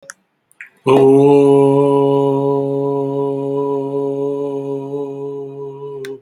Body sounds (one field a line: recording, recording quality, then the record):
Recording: sustained vowel as in boot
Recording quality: excellent, no background noise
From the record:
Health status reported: exposed to COVID-19, no respiratory illness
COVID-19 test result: negative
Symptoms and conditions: diabetes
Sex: male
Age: 50 years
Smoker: not ticked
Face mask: worn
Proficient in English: yes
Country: India